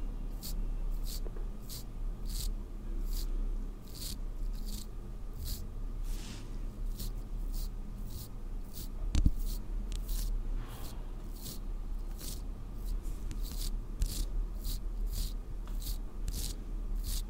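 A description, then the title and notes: Makeup being applied to a face, heard as a steady run of soft brushing strokes repeating about twice a second. A low constant hum and faint rumble sit underneath, with a brief sharp tap near nine seconds. ASMR First person Makeup On Your Face(No Talking).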